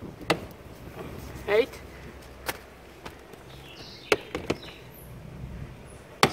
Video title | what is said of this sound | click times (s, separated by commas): BMW F30 REAR BUMPER REMOVAL AND M PERFORMANCE REAR DIFFUSER INSTALL | it snaps into place all the snappin properly hate | 0.3 s